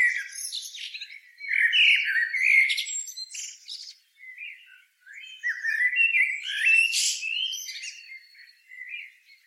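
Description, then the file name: Common blackbird calling in two loud bouts of harsh, squeaky chatter mixed with thin whistles, separated by a brief lull around the middle. "Turdus merula"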